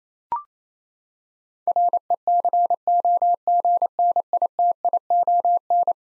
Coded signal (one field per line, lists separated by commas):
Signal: Morse code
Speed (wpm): 27 wpm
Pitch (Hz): 700 Hz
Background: none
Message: RECOGNITION